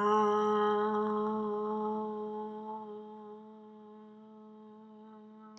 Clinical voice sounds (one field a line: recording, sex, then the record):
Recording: sustained vowel /a/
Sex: female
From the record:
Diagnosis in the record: healthy control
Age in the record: 60 years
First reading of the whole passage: 59 s, 7.9 characters per second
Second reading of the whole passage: 55 s, 8.5 characters per second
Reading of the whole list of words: 44 s, 6.4 characters per second